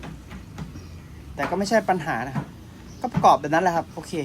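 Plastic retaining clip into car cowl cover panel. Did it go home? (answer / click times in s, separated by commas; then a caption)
no / none. While the plastic cowl cover of a Civic FB is refitted after installing an HPD Racing front strut bar, an old, brittle plastic retaining clip is handled at its hole in the cowl cover panel; a couple of faint short knocks come near 0.0 s and 0.6 s, and someone talks over the rest. Nothing has seated or clicked yet, and the clip is not yet home.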